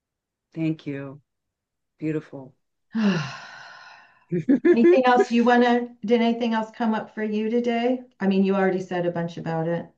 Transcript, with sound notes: Thank you. Beautiful.
(sighs)
(laughs)
Anything else you wanna... Did anything else come up for you today? I mean, you already said a bunch about it.